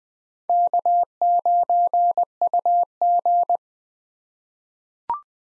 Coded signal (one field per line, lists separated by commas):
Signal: Morse code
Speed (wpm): 21 wpm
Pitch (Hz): 700 Hz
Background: none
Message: K9UG